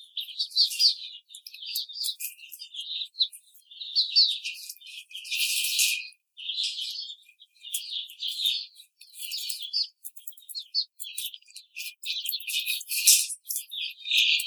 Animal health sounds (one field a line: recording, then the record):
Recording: young laying hens in a cage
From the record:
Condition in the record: treatment cage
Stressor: simulated dog barking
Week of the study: 5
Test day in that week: 1